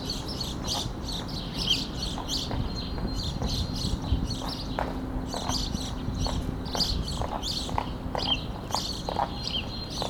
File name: Passer domesticus